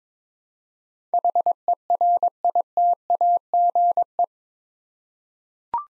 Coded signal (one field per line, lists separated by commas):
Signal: Morse code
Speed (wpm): 23 wpm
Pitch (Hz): 700 Hz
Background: none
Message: HERITAGE